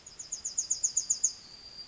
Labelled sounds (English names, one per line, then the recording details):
Yellowhammer song
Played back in forest
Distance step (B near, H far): E
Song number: 119